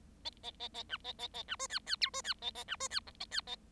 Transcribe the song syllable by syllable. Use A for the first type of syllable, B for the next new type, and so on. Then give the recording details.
A A A A B A A A B C D D E C D A A B C D F A D A. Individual Bird7